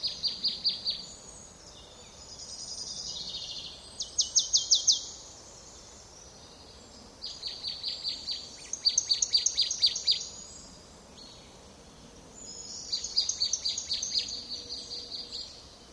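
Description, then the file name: Marsh tit calls: short bursts of rapid, high, slightly buzzy notes repeated in clusters, with pauses between groups, over faint background noise. "Poecile palustris"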